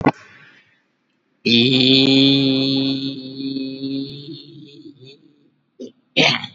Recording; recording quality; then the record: sustained vowel as in beet; excellent, no background noise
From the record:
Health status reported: COVID-19 positive, mild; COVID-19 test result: positive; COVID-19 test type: RT-PCR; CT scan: taken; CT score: 5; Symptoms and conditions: cough, cold, muscle pain, ischaemic heart disease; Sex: male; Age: 76 years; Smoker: no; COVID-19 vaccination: both doses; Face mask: not worn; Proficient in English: yes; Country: India